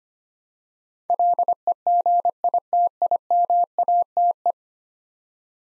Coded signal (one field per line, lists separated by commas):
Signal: Morse code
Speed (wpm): 25 wpm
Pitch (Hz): 700 Hz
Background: none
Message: LEGITIMATE